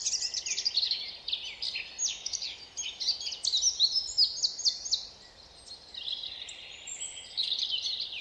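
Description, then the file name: Eurasian blackcap song, a busy run of scratchy chatter mixed with brighter whistles, repeated in bursts with a short lull about two-thirds of the way through. "Sylvia atricapilla"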